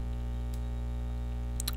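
A second DDR3 SODIMM memory module is slid into a laptop memory slot along the slot notch, then pressed down until the side retaining clips latch. Over a steady low hum, a faint tick comes at 0.5 s, then two loud, sharp clicks at 1.6 s and 1.7 s as the clips snap. The module is seated.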